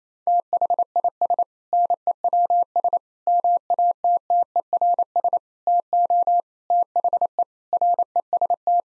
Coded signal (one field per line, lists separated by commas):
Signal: Morse code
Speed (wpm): 28 wpm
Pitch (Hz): 700 Hz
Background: none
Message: THIS NEWS MATTERS TO THE REST